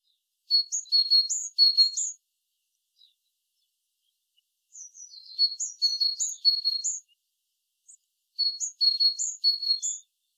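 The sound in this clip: Great tit calling in three bursts of rapid, high two-note phrases, a flat tone and an upswept note alternating, with silence between.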